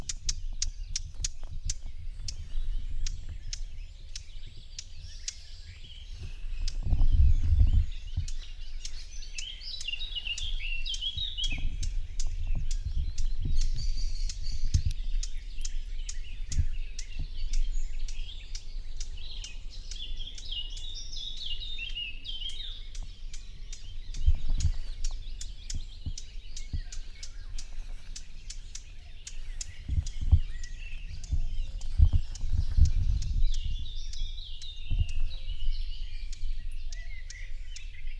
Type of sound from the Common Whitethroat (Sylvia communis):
call